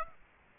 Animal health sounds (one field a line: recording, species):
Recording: mosquito wingbeat signal from an infrared sensor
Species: Aedes aegypti